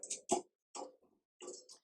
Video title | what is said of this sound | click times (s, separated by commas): How to Build a Two Story C&C Cages | and nice little click sounds there whoopsie | 0.0 s, 0.1 s